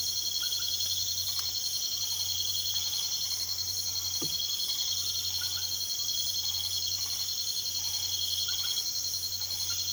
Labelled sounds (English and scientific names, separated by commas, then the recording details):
none
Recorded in pastures near Puerto Asís, Putumayo, Colombia, on 24 March 2025 at 00:30
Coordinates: 0.487, -76.322
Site G077